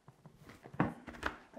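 The plastic visor locking tab on a Shoei Glamster motorcycle helmet shell is pushed one-handed after some fumbling, with soft taps and scrapes of plastic. It locks into place with a sharp click at 0.8 s, followed by another sharp snap around 1.3 s. The visor lock is seated.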